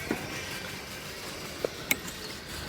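After the latch failed and the lock was removed, a J1772-to-Tesla charging adapter with the charger handle is re-inserted into a car's charge port. A softer knock at 1.6 s is followed by a sharp click at 1.9 s as the adapter seats, and charging starts.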